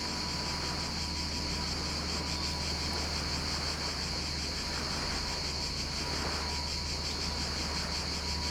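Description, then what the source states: Cicadas producing a continuous, steady buzzing drone without pause, with a low background hum underneath. Recorded at Vourvourou, Sithonia, Greece.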